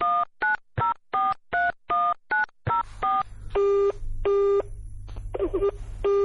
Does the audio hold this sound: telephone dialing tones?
yes